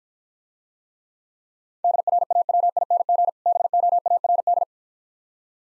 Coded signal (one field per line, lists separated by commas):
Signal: Morse code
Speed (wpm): 52 wpm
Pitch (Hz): 700 Hz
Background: none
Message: DRAWING BOARD